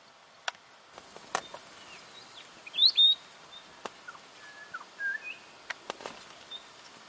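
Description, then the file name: Weebill song: one short, bright whistled phrase midway, surrounded by sharp clicks, soft lower whistles and light background hiss. "canto do gerigono de bico curto"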